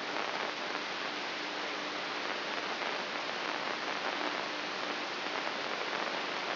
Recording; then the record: brain microelectrode recording played as sound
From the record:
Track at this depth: inside the subthalamic nucleus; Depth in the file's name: 4.385 mm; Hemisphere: left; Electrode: 3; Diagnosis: Parkinson's disease